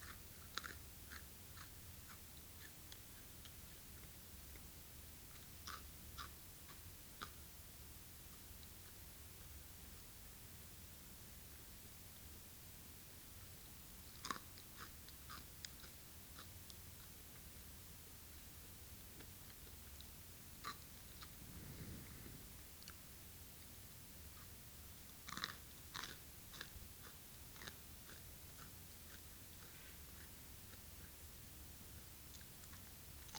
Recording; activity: daily activity, guitar pickup as the sensor; eat